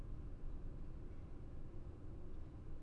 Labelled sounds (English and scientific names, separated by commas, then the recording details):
none
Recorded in Germany
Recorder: ecoPi